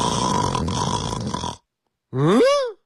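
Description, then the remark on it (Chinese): A voice imitates someone snoring upstairs in a home: a long, rough, rasping breath, a brief silence, then a short voiced groan that swoops up and falls back down in pitch. “大姐说，这谁跟楼上打呼噜呢？”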